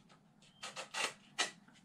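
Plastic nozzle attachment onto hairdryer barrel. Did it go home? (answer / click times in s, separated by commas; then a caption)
no / none. A plastic concentrator nozzle attachment is pushed onto the front of a hairdryer barrel and twisted to lock it in place. Several broadband scraping, rubbing bursts can be heard, with the strongest at about 1.4 s. Nothing has seated or clicked yet; the clip ends just before the nozzle goes home.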